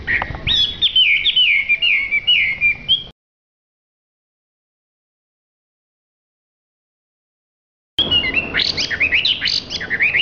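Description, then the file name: Hwamei song: a fast run of whistled notes, a long silent gap, then a loud jumble of varied whistles and chatter. Singing in a lively, vigorous style called gacor. "audio hwamei gacor. omkicau"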